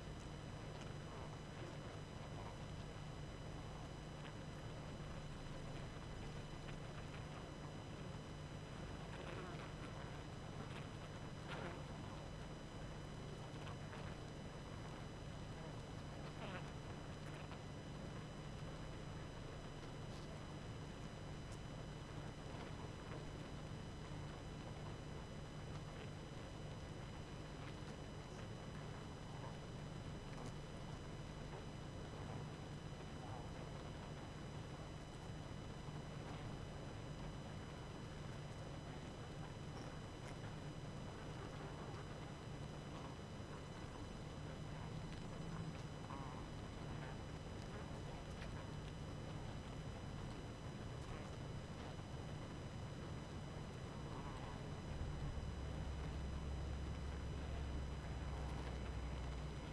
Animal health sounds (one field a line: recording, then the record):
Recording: honeybee colony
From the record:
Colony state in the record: active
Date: 12 June 2018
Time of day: 21:53